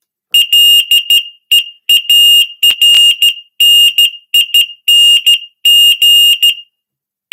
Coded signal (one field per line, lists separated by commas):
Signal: Morse code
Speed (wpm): 13 wpm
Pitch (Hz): 2850 Hz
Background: none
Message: LEARNING